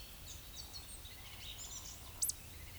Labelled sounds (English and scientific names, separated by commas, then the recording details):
Eurasian Woodcock (Scolopax rusticola) whistle, Eurasian Woodcock (Scolopax rusticola) croak
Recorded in Baden-Württemberg, Germany, on 10 May 2021 at 19:19 UTC
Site 24606, 635 m above sea level